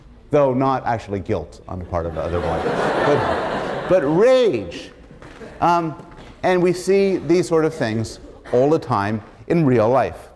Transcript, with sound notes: though not actually guilt on the part of the other boy [laughter] but rage. And we see these sort of things all the time in real life.